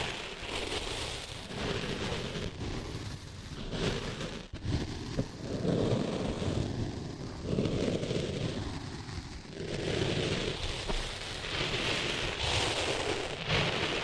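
ASMR ear cleaning with sand: a dense, crackling, grainy rustle runs throughout, like rain on a surface. It swells and eases in uneven waves, louder from about 5 to 8 seconds and again after 10, with a sharp click near 4.5 seconds.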